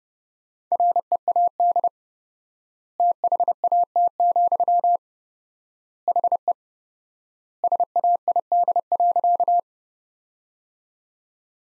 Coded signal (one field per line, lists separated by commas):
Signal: Morse code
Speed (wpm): 30 wpm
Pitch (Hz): 700 Hz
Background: none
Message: READ THAT, HE SAID.